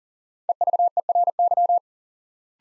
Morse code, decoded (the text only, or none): EVERY